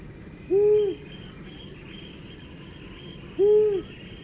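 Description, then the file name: Owl giving two short, clear, level hoots about three seconds apart over a steady background hiss and a faint high insect buzz. "Gufo"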